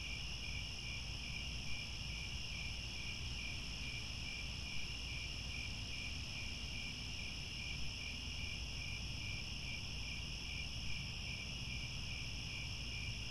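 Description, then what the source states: Many crickets chirping at once, a constant high trill with quick regular pulses in the lower band, low hum underneath throughout. Chorus of crickets at twilight, as the sun sets and stars come out.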